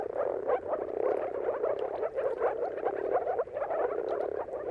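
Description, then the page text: Moor frogs in a continuous chorus of soft, muffled, bubbling calls, many animals overlapping, volume rising and dipping slightly. Mating calls of a moor frog chorus at sunrise, at the turn of March and April depending on the weather; recorded by Jakub Orzecki. "Dawn’s Chorus: Mating Calls of Marsh Frogs at Sunrise. Depending on the weather at the turn of March and April, you can witness an amazing spectacle of moor frogs. Jakub Orzecki. earth.fm"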